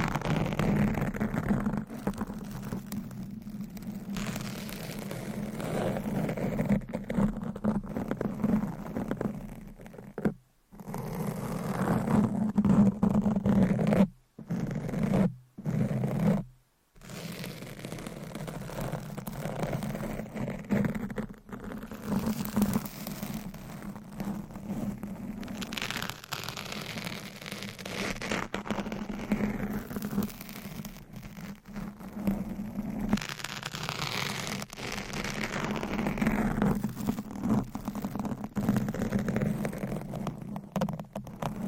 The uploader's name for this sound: Scratching , Tapping & Massage